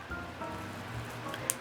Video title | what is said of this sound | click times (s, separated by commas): Dollar Tree DIY Silver Candlestick Wedding Centerpiece - $6 - Preston Bailey Inspired | and it will just kind of snap right into place. | 1.5 s